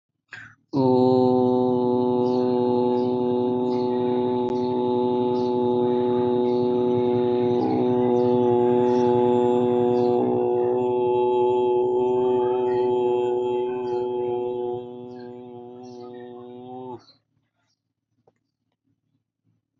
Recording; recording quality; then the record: sustained vowel as in boot; excellent, no background noise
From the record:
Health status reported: healthy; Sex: male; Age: 28 years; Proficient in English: yes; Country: India